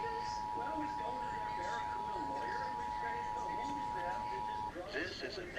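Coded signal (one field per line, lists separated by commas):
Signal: Emergency Alert System (SAME) tones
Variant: 853 and 960 Hz attention tone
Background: speech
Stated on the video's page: National EAS test captured from local TV and radio stations.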